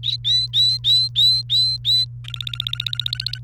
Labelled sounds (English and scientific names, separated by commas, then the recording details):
Domestic Canary (Serinus canaria) song
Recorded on 28 April 2018 at 11:27
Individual llb3